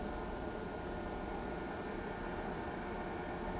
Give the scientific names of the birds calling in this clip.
none